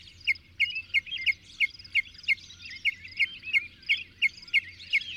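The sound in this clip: Bird song of short looping notes repeated about three times per second, steady and regular, with high chattering behind.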